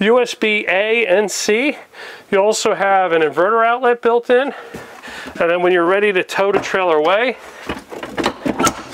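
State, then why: Seated. Someone talks as a swivel TV mount arm is pushed back against the wall of a 2024 Airstream Pottery Barn travel trailer before towing. A few short knocks follow, and the arm snaps into its stowed travel lock with a sharp click at 8.3 seconds.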